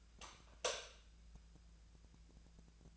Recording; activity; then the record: daily activity, microphone in the room; light off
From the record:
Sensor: 2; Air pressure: 999.8 hPa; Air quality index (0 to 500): 117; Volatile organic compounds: 2 ppm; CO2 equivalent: 1008 ppm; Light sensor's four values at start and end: 35/95/39/44 and 30/78/33/37